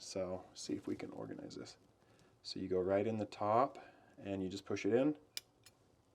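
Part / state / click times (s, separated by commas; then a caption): single-edge razor blade cartridge into safety razor head / seated / 5.4 s. Someone talks while a single-edge razor blade cartridge is slid into the top of a safety razor head and pushed in. A sharp click at 5.4 s marks the cartridge seating in the handle, and the razor is ready to use.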